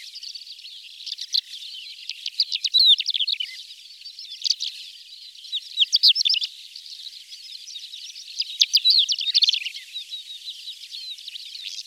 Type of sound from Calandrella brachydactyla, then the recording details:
song. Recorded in the wild. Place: Kalmückensteppe bei Senseli, RU. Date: 2006-05-18. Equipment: MiniDisc Sharp MT 20 H. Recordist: Schwarz, Dieter. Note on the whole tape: Song